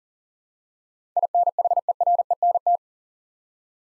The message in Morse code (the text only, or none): INHERENT